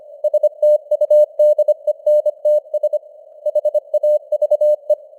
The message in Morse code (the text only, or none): STUDENTS HAVE